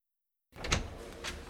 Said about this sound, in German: Die Tür mache ich zu.